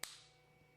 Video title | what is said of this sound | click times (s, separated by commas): Raise3D E3: The IDEX 3D Printer For Professionals? | boom, it's a simple belt buckle mechanism here with nylon carbon fiber that snaps into place. | 0.0 s